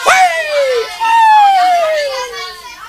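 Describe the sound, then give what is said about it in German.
Children shouting in a courtyard: two long, high-pitched cries that slide downward in pitch, loud and overlapping, with no clear words. “Der Meister Eder hat also dem Pumuckl die Tür aufgemacht, ohne hinauszuschauen und ohne sich für das Kindergeschrei zu interessieren. Schließlich spielen in dem Hof öfters Kinder mit Geschrei.”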